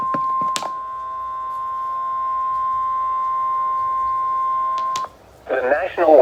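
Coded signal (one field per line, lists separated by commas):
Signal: Emergency Alert System (SAME) tones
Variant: 1050 Hz attention tone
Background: speech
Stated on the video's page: NOAA weather radio tornado warning.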